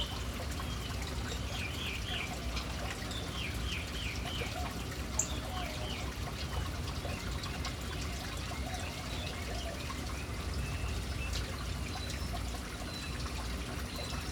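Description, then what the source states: Birds giving bursts of rapid, high twittering chirps in short runs, set against constant trickling and pouring water. City birds hanging around an urban fountain.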